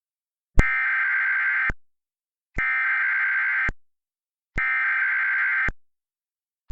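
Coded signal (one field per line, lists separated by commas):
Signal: Emergency Alert System (SAME) tones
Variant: header bursts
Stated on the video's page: Recreation of a tornado warning alert.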